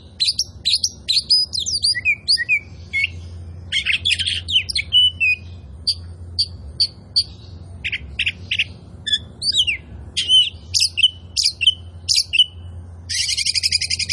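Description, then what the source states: Oriental magpie-robin in full song: long, varied phrases of whistles, sweeping slurs and clicks, with repeated sharp notes and a buzzy rattle at the end. Indonesian name kacer poci; described as gacor, meaning singing vigorously and often.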